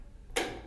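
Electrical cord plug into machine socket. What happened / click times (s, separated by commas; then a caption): The cord connector dropped into its seat / 0.4 s. A black electrical cord plug is put into a machine socket and turned until it drops into its seat, then screwed down. A single sharp tick sounds at 0.4 s during the turn, above a quiet background, and the connector is seated.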